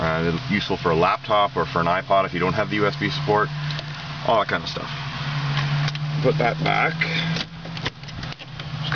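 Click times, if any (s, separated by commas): 8.9 s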